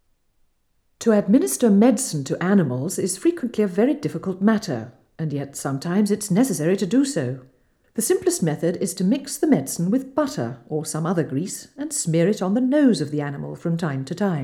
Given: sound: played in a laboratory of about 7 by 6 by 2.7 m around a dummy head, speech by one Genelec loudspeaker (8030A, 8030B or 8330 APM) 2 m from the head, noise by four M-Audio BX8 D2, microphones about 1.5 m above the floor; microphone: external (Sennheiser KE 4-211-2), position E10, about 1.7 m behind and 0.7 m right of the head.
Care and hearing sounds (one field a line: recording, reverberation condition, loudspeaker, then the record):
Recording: female speech in English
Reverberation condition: medium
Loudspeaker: 150 degrees to the right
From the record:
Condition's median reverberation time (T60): about 510 ms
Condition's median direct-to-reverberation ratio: about -0.5 dB